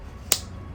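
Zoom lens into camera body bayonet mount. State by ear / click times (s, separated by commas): seated / 0.3 s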